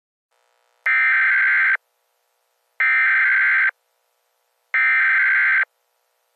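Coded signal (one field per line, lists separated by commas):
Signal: Emergency Alert System (SAME) tones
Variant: header bursts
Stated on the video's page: Fictional EAS scenario.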